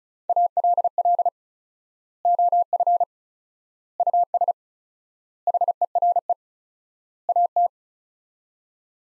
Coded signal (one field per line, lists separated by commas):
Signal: Morse code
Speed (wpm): 34 wpm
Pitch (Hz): 700 Hz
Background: none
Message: ALL OF US HERE AT